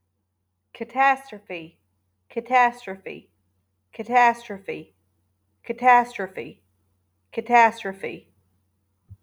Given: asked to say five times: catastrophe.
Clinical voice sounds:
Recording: repeated word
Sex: female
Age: 30 to 39 years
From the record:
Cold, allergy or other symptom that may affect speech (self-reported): no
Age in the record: 38 years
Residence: Ohio, United States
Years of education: 21

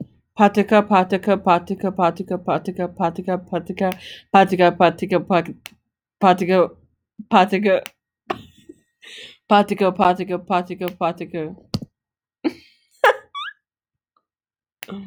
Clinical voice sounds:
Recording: repeated syllables /pa ta ka/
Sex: female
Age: 30 to 39 years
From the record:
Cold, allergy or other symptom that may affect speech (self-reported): no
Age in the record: 39 years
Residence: Michigan, United States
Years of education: 14

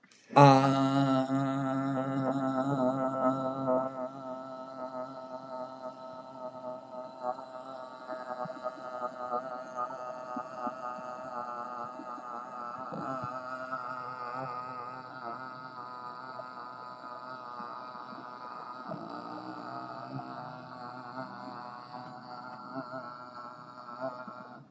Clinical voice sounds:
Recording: vowel held as long as possible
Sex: male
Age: 18 to 19 years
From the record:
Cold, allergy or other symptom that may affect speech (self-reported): no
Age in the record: 18 years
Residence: New York, United States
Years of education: 12

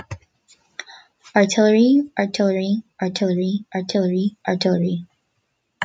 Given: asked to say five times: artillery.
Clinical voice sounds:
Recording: repeated word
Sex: female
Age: 20 to 29 years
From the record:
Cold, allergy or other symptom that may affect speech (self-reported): no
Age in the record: 22 years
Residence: Pennsylvania, United States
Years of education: 12

